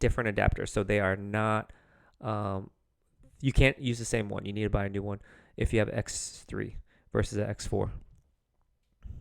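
Someone talks while handling a 3.5mm mic adapter for an Insta360 X3 or X4 360 camera, which fits into the camera's USB-C port and is pushed forward to snap into place on the metal area. Nothing has seated or clicked yet by the end of the clip.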